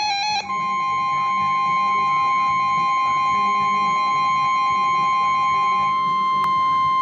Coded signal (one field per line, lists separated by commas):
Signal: Emergency Alert System (SAME) tones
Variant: 1050 Hz attention tone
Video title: Severe Thunderstorm Warning (EAS #391)